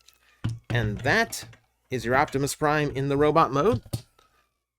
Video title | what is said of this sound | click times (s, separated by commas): Studio Series ROTB Voyager Optimus Prime (Random Review) | close it back up go to the back side make sure the back snaps into place | 0.4 s